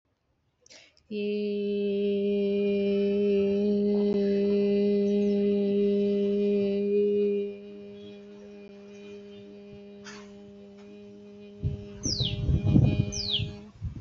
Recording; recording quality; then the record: sustained vowel as in made; moderate, slight background noise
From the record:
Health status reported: exposed to COVID-19, no respiratory illness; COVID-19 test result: negative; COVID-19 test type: RT-PCR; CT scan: not taken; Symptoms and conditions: cough, cold, sore throat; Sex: female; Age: 25 years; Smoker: no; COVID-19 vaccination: both doses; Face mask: not worn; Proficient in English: yes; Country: India